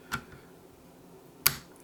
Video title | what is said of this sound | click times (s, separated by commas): Tavor 7 Bull Pup 7.62X51 - The ideal 3 Gun Rifle? | and we're going to rotate it to its first click | 1.5 s